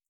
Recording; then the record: hydrophone in a shrimp aquaculture tank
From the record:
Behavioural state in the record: feeding